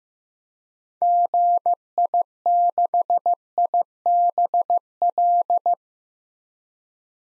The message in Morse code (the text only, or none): GI6IBL